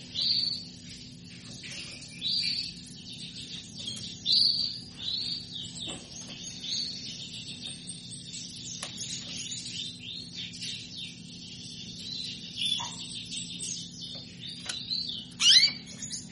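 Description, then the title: Canary song running throughout: long stretches of high chattering trills and twitters with occasional louder sharp notes. Female canary asking to mate; played to stimulate Belgian canaries into singing. "Canto Para Esquentar Canário Belga. Suara burung kenari betina minta kawin"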